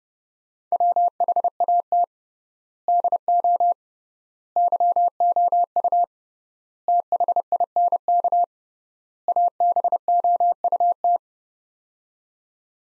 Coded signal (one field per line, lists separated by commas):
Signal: Morse code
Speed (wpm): 30 wpm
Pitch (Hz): 700 Hz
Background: none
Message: WHAT DO YOU THINK ABOUT